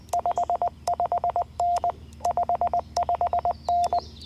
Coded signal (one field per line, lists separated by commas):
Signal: Morse code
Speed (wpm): 20 wpm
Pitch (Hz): 700 Hz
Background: none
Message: 55N 55N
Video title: FTX-1 QRP CW Activation at Hagerman National Wildlife Refuge